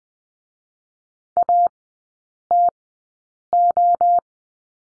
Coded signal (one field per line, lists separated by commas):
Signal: Morse code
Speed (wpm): 20 wpm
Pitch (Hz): 700 Hz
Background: none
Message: ATO